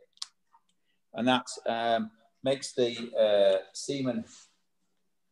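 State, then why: Seated. A cap is pressed onto a semen analysis slide chip holding a 10 microliter semen drop and seats with a sharp click at 0.2 s, which spreads the semen evenly. Someone then talks.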